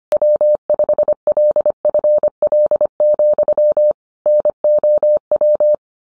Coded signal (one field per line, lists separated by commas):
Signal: Morse code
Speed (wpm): 25 wpm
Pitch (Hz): 600 Hz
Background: none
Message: W5LFL, NOW